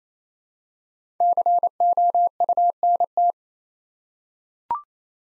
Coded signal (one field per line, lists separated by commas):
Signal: Morse code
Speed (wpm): 28 wpm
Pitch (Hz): 700 Hz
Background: none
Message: COUNT